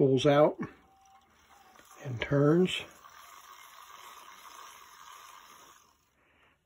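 On a small vintage portable Dokorder PT-4H reel-to-reel tape recorder, a pull-out part is pulled out and turned while someone talks. A soft, steady hiss follows from about 3 to 6 seconds. Nothing has seated or clicked yet.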